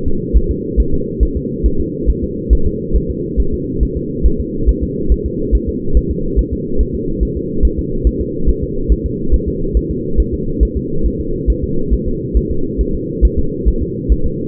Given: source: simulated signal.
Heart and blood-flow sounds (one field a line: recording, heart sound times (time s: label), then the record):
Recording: fetal heart sounds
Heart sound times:
0.08 s: S2
0.37 s: S1
0.51 s: S2
0.80 s: S1
0.94 s: S2
1.23 s: S1
1.37 s: S2
1.66 s: S1
1.80 s: S2
2.10 s: S1
2.24 s: S2
2.53 s: S1
2.67 s: S2
2.96 s: S1
3.10 s: S2
3.40 s: S1
3.54 s: S2
3.83 s: S1
3.97 s: S2
4.26 s: S1
4.40 s: S2
4.69 s: S1
4.83 s: S2
5.12 s: S1
5.26 s: S2
5.55 s: S1
5.69 s: S2
5.97 s: S1
6.11 s: S2
6.39 s: S1
6.53 s: S2
6.81 s: S1
6.95 s: S2
7.23 s: S1
7.37 s: S2
7.65 s: S1
7.79 s: S2
8.07 s: S1
8.21 s: S2
8.49 s: S1
8.63 s: S2
8.92 s: S1
9.06 s: S2
9.34 s: S1
9.48 s: S2
9.77 s: S1
9.91 s: S2
10.20 s: S1
10.34 s: S2
10.63 s: S1
10.77 s: S2
11.06 s: S1
11.20 s: S2
11.50 s: S1
11.64 s: S2
11.93 s: S1
12.08 s: S2
12.37 s: S1
12.51 s: S2
12.81 s: S1
12.95 s: S2
13.25 s: S1
13.39 s: S2
13.68 s: S1
13.83 s: S2
14.12 s: S1
14.26 s: S2
From the record:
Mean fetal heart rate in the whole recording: 140 bpm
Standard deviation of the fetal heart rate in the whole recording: 2 bpm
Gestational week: 34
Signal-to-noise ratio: -8.1 dB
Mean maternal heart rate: 72 bpm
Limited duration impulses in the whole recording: absent